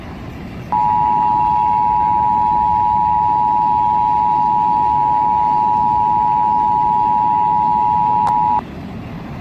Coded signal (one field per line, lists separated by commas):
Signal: Emergency Alert System (SAME) tones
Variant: 853 and 960 Hz attention tone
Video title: EAS Scenario - SCP-Vyonders